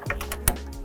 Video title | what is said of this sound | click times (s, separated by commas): 2017-25 F150 RAPTOR CREE LED Spartan Fog Installation | You kind of hear it click out. | 0.5 s